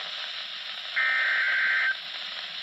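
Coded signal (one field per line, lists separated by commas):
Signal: Emergency Alert System (SAME) tones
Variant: header bursts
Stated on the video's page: NOAA Weather Radio severe thunderstorm warning received with static interference.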